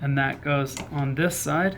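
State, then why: Not seated. Someone talks while handling the yellow probe wire's connector, about to push it onto its terminal on a ToolTuff moisture tester's circuit board. Only speech is heard, and the connector has not clicked or seated yet.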